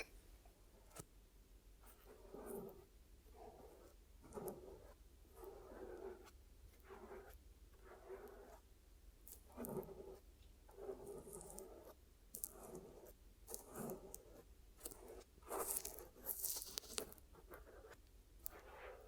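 Ear massage and cleaning, heard as soft rubbing and squelching strokes that come in a steady rhythm, about one each second. A low hum runs underneath throughout, and sharper crackles and clicks cluster near the sixteen-second mark.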